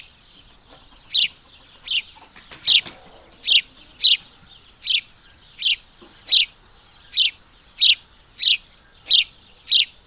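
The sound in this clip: House sparrow chirping, a steady series of bright, single chirp notes, with a brief burst of noise in the middle.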